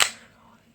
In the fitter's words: you actually hear it snap into place and there it is